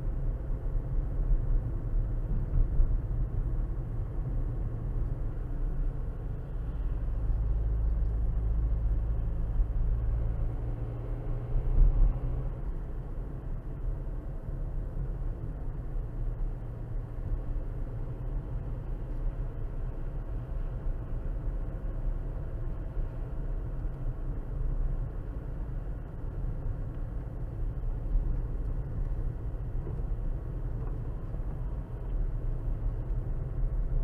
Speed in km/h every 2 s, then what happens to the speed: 42, 40, 40, 39, 39, 42, 45, 42, 42, 44, 42, 42, 40, 40, 40, 40, 42.
0-9 steady at about 40. 9-11 speeds up to 45. 11-34 steady at about 42.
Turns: none.